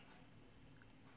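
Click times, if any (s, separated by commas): none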